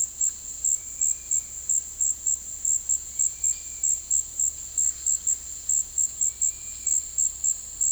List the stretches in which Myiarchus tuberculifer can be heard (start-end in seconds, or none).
0.77-1.48, 3.15-3.86, 6.29-6.93